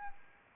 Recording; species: mosquito wingbeat signal from an infrared sensor; Anopheles arabiensis